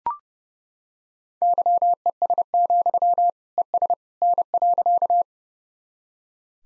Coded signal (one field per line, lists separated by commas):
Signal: Morse code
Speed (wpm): 30 wpm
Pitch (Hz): 700 Hz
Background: none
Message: YES, ES N.